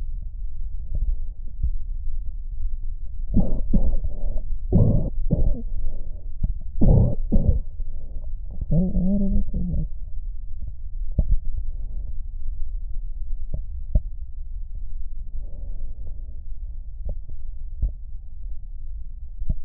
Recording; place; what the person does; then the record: lung sounds by stethoscope; right posterior basal chest; quiet breathing, then cough and speech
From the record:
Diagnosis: asthma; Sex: female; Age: 77 years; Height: 160 cm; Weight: 68.7 kg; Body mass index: 26.6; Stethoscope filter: extended mode